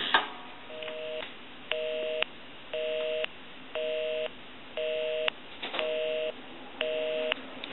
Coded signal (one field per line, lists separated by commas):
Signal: telephone call progress tone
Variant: North America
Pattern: busy tone